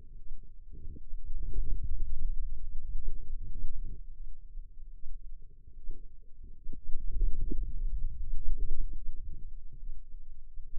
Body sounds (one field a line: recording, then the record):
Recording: forearm muscle sounds (acoustic myography)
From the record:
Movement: hand opening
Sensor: system 2, bracelet of six BSWA MPA416 microphones around the upper forearm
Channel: 5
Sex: female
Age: 25 years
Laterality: right